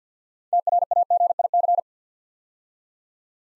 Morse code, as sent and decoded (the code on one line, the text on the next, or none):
- .-. .- --. .. -.-.
TRAGIC